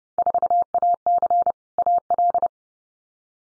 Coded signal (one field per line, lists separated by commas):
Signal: Morse code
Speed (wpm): 31 wpm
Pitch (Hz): 700 Hz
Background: none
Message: 4AC AL